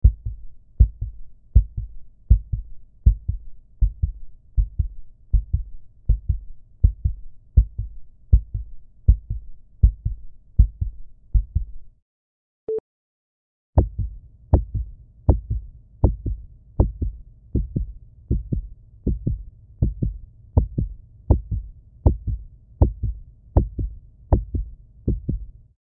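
Steady, low heartbeat thumps at about 80 a minute, with a brief silent break around midway and a short tone.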